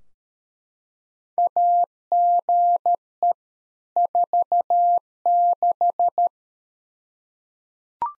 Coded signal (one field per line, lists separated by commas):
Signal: Morse code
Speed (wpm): 13 wpm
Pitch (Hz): 700 Hz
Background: none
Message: AGE 46